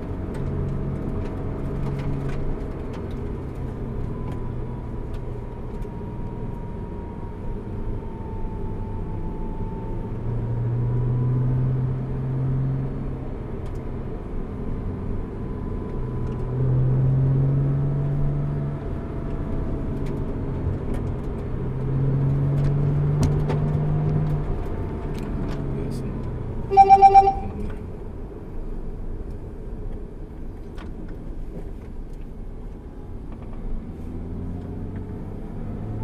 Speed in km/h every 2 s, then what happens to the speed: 63, 59, 53, 52, 50, 59, 60, 57, 66, 64, 60, 71, 72, 47, 38, 28, 26, 35.
0-8 slows to 50. 8-10 speeds up to 59. 10-16 steady at about 59. 16-20 slows to 60. 20-23 speeds up to 72. 23-30 brakes to 28. 33-36 speeds up to 35.